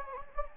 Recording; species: mosquito wingbeat signal from an infrared sensor; Anopheles gambiae